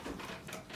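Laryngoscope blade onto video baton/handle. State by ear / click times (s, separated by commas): not seated / none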